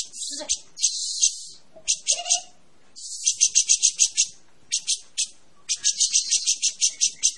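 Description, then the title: Cucak jenggot song: clipped bursts of rapid, buzzy high rattles separated by short gaps, with a brief lower note among them. Persistent, long song ('gacor panjang'). "Cucak Jenggot Gacor 4. Suara Burung Cucak Jenggot Gacor Panjang"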